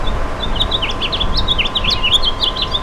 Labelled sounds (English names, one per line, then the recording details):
House Finch song
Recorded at Westbury on Long Island, New York, on 27 May 2013
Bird A